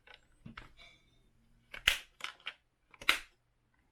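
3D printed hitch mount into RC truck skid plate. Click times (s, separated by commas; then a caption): 1.9 s, 3.1 s. A 3D printed plastic tow hitch mount is pushed into the skid plate opening on the bottom of a TRX6 RC crawler, with light handling sounds first. It snaps into place with sharp clicks at 1.9 s and 3.1 s, and the mount is seated.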